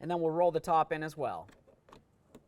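Someone talks while handling the door trim panel of a 2009-2020 Dodge Journey during a front window regulator replacement, getting ready to roll its top edge in so the plastic clips snap into the door. Faint handling taps follow at about 1.9 s and 2.4 s. Nothing has clicked or seated yet.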